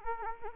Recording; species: mosquito wingbeat signal from an infrared sensor; Anopheles arabiensis